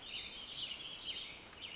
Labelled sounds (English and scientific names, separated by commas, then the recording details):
Warbling Vireo (Vireo gilvus)
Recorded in Sonoma County, California